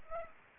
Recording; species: mosquito wingbeat signal from an infrared sensor; Aedes aegypti